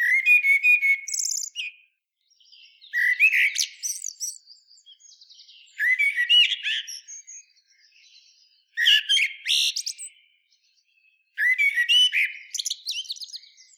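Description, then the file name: Common blackbird delivering five rich whistled phrases roughly every three seconds, each closing in a squeaky, twittering flourish. "Turdus merula"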